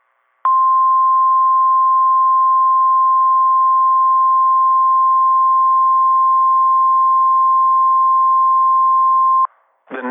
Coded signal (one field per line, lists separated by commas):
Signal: Emergency Alert System (SAME) tones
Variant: 1050 Hz attention tone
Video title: IND's FEBRUARY ENH - EAS Alerts from 2/19/26 (EAS #674 - #688)